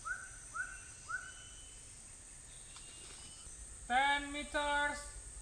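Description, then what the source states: Bird calls: three short slurred whistled notes in quick succession, then two loud nasal, harmonic-rich calls after a pause, over steady background hiss. Recorded in the US on 18 October 2021, around 16:06.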